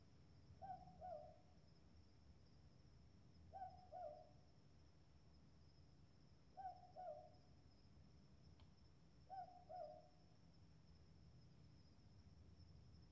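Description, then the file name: Southern boobook double hoots, a higher 'boo' then lower 'book', repeated about every three seconds, four pairs, over a steady low hum and a faint high insect whine. "Boobook Owl Mopoke"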